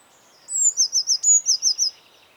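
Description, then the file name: Eurasian blue tit giving a very high whistled note followed by a quick run of several undulating notes, with a brief click in the middle. "Cyanistes caeruleus"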